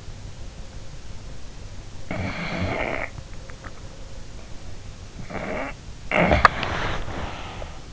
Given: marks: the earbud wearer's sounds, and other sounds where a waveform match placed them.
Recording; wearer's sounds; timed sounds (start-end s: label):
sounds in sleep by an in-ear microphone; snoring breath, swallowing
1.95-3.21 s: snoring breath
3.59-3.99 s: swallowing
5.05-7.79 s: snoring breath